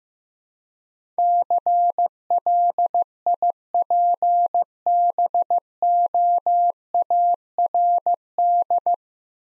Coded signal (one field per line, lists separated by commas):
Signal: Morse code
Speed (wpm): 15 wpm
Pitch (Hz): 700 Hz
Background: none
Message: CLIPBOARD